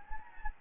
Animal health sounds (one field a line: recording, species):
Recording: mosquito wingbeat signal from an infrared sensor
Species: Anopheles gambiae